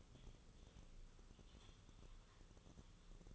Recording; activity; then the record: daily activity, microphone in the room; typing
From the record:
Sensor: 4